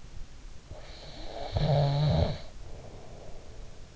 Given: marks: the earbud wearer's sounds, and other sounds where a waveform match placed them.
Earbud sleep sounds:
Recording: sounds in sleep by an in-ear microphone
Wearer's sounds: snoring breath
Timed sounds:
0.63-3.89 s: snoring breath

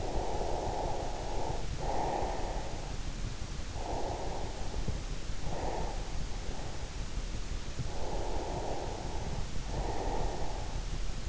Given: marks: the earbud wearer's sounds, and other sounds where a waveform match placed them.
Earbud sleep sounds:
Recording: sounds in sleep by an in-ear microphone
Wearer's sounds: breath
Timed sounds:
0.00-2.85 s: breath
3.89-6.49 s: breath
7.53-11.29 s: breath

